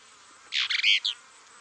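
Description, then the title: Plain-crested elaenia song: one quick, scratchy, gurgling phrase of several buzzy notes. "LuckyPassaro Completos2Sama. Plain-crested Elaenia (Elaenia cristata)"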